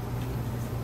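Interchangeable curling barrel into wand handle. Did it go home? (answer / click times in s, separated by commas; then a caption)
no / none. An interchangeable curling barrel is pushed into the handle of an Irresistible Me 8-in-1 curling wand, giving only a soft, slow-decaying noise over a steady low rumble, with no sharp click. The barrel has not locked into place; nothing has clicked.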